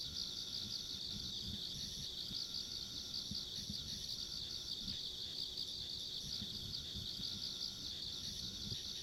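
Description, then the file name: Insect chorus, a continuous high trill with quick pulses, joined by a faint thin whine and intermittent low rumbles. Ambient insect sounds along a country road. "田舎道の虫の環境音"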